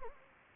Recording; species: mosquito wingbeat signal from an infrared sensor; Anopheles gambiae